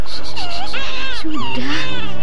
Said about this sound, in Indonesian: Kau dengar ada suara tangis bayi. Sayup-sayup dari arah hulu.